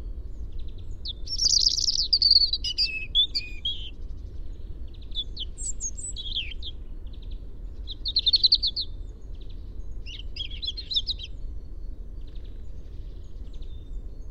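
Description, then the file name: European robin song: separate high, scratchy warbled phrases with thin sharp notes and brief pauses between bursts, over a steady low rumble. "Erithacus rubecula"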